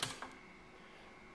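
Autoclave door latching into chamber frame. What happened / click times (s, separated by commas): The door latch clicked twice but has not fully closed / 0.0 s, 0.2 s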